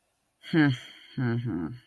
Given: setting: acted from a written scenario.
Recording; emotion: vocal sound without words; neutral